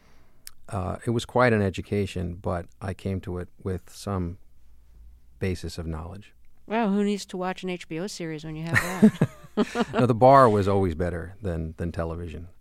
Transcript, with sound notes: it was quite an education, but I came to it with some basis of knowledge.
Well, who needs to watch an HBO series when you have that?
(LAUGHTER)
No, the bar was always better than television.